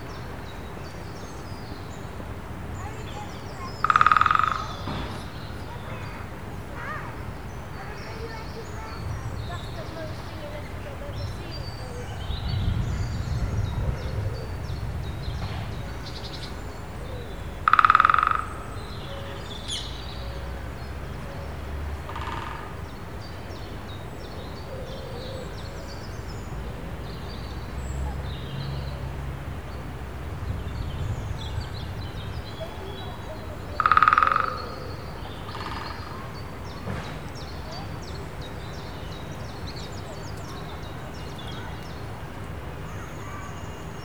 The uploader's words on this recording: Woodpeckers in Wandle Park, London, UK. By Andrew Strangeway. There were at least two woodpeckers in the trees in the park.